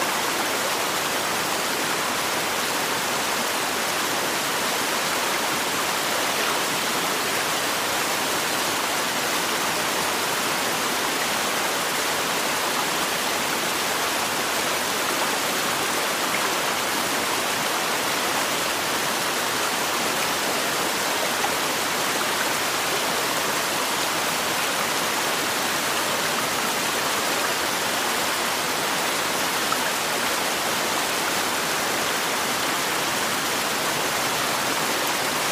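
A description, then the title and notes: A waterfall pours in a dense, unbroken rush that holds steady for the whole clip. The sound is full and hissing, strongest in the mids and upper range with little low rumble, like constant falling water without distinct splashes or other sounds. Sound Of A Waterfall | Peaceful Water Sounds White Noise.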